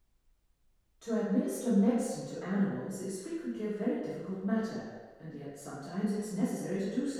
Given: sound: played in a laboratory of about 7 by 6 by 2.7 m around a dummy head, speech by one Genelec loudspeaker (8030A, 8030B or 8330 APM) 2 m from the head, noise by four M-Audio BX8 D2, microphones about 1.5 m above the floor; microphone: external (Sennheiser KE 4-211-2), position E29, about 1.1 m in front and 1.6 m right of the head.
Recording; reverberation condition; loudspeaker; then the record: female speech in English; high; 120 degrees to the right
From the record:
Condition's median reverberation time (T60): about 1300 ms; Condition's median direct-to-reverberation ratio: about -4.0 dB